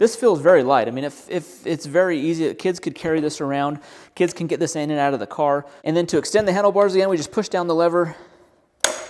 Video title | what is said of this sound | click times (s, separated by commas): Caroma Electric Scooter Review. E22 Pro & E35 Kids scooter - The Best Budget Scooters on Amazon? | fold it back up it locks in it clicks very very simply | 8.8 s